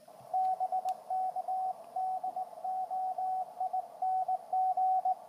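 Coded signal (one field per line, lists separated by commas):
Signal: Morse code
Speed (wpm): 19 wpm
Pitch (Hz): 750 Hz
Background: radio noise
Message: BK DOING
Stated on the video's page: Morse code presented as a survival communication tool.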